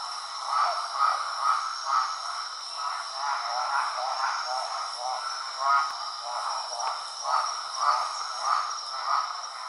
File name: mixophyes fasciolatus